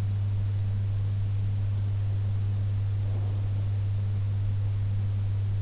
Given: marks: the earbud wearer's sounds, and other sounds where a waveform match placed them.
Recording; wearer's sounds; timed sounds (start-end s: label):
sounds in sleep by an in-ear microphone; breath
3.00-3.99 s: breath